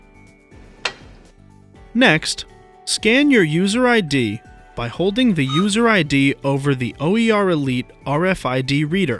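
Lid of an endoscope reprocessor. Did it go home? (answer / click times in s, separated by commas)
yes / 0.9 s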